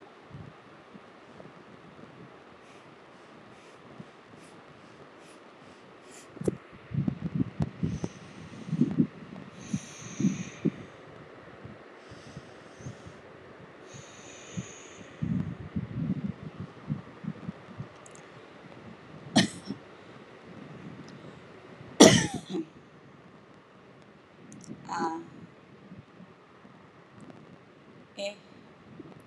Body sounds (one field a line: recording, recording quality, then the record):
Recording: shallow breathing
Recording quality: excellent, no background noise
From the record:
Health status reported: healthy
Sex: female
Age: 49 years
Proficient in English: yes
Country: India